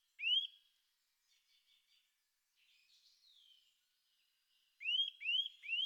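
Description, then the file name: Eurasian nuthatch giving a loud rising whistle, then soft faint sounds, then a few more rising whistles in quick succession. "boomklever"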